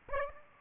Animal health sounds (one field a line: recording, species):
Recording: mosquito wingbeat signal from an infrared sensor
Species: Aedes aegypti